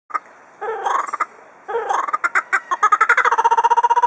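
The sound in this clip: Kookaburra call: harsh, cackling notes in short bursts that speed up into a rapid run of repeated hooting pulses, with no other clear sounds.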